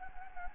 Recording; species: mosquito wingbeat signal from an infrared sensor; Anopheles gambiae